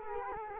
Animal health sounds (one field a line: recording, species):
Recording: mosquito wingbeat signal from an infrared sensor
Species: Culex quinquefasciatus